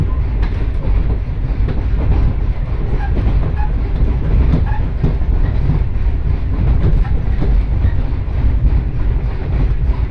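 A two-car diesel railcar runs along at an easy pace, its engine giving a steady low rumble that fills the whole clip. Rail joints click irregularly throughout, with a few brief higher squeals from the wheels around three to five seconds.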